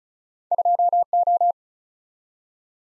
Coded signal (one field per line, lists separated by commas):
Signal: Morse code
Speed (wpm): 36 wpm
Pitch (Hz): 700 Hz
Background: none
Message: 2O